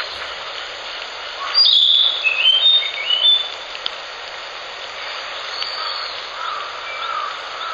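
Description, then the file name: Narcissus flycatcher singing a loud phrase of clear whistled notes that drop and rise in steps, followed by softer whistled notes, over a constant high-pitched hiss. "キビタキ"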